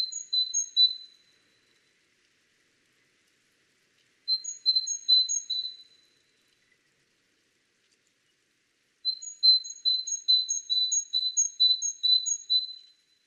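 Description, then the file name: Great tit calling in three bursts of rapid, high, thin repeated notes, each run lasting one to four seconds, separated by silent pauses of about three seconds. "Parus major"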